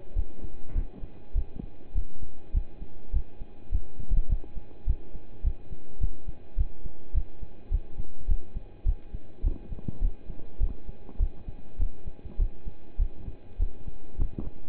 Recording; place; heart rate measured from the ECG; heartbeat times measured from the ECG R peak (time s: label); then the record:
heart sounds by stethoscope; between the tricuspid and mitral areas; 103 bpm
0.15 s: heartbeat
0.75 s: heartbeat
1.35 s: heartbeat
1.94 s: heartbeat
2.54 s: heartbeat
3.13 s: heartbeat
3.71 s: heartbeat
4.29 s: heartbeat
4.86 s: heartbeat
5.43 s: heartbeat
6.00 s: heartbeat
6.57 s: heartbeat
7.14 s: heartbeat
7.71 s: heartbeat
8.28 s: heartbeat
8.85 s: heartbeat
9.43 s: heartbeat
10.01 s: heartbeat
10.60 s: heartbeat
11.19 s: heartbeat
11.79 s: heartbeat
12.38 s: heartbeat
12.98 s: heartbeat
13.59 s: heartbeat
14.18 s: heartbeat
From the record:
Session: pedaling a stationary bicycle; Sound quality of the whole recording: partially saturated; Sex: male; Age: 27 years